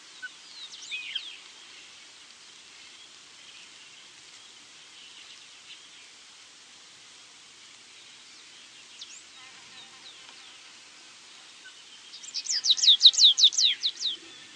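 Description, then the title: Stripe-tailed yellow finch with scattered faint chirps early, then a loud quick burst of high downslurred notes near the end over steady background hiss. Nominate subspecies Sicalis citrina citrina, assumed from location. "LuckyPassaro Completos2Sama. Stripe-tailed Yellow Finch (Sicalis citrina citrina (ssp assumed from location))"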